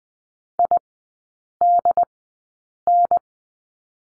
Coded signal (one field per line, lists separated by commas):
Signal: Morse code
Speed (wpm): 19 wpm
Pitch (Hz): 700 Hz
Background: none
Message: IDN